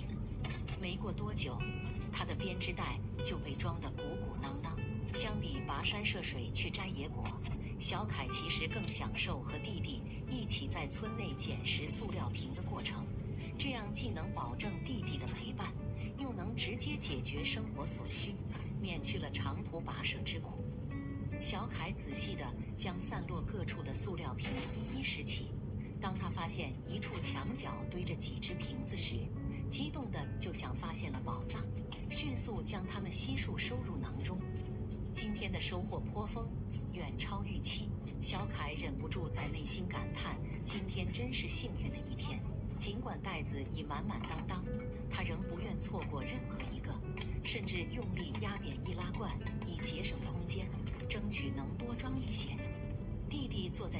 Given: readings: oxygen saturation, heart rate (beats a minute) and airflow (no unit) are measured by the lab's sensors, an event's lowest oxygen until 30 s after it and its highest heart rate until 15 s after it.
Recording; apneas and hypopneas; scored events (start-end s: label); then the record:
a person awake in a sleep study, by a smartphone at the bedside; none
0.00-54.00 s: awake
From the record:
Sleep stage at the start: awake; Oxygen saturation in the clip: 94 to 96%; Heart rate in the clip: 72 to 76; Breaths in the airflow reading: 13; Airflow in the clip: -3.5 to 4.8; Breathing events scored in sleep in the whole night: 131 in 7.2 hours asleep